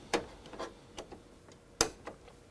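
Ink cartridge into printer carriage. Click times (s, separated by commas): 1.8 s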